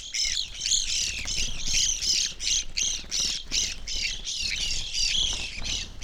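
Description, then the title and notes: Evening grosbeak flock calling, a dense run of short, slightly burry, arched chirps overlapping nonstop. Flock feeding on sunflower seeds at a feeder hanging in a birch tree, backyard, McCloud, Siskiyou County, California; relatively warm winter morning; two microphones on either side of the tree trunk. "I recorded this at my home in the small town of McCloud in Siskiyou County, California. It was a relatively warm winter morning, and a flock of Evening Grosbeaks was busily eating a breakfast of sunflower seeds from a feeder hanging from the branch of a birch tree in my backyard."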